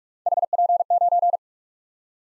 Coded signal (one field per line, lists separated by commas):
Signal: Morse code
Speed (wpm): 44 wpm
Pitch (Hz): 700 Hz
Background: none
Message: HP9